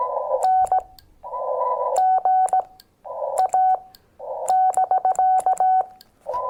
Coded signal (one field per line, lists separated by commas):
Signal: Morse code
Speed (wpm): 17 wpm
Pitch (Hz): 750 Hz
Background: none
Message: N GA <BK>